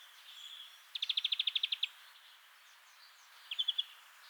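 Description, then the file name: European greenfinch gives a fast trill of about ten sharp notes, then a brief four-note burst after a pause, over faint background hiss. "Chloris chloris"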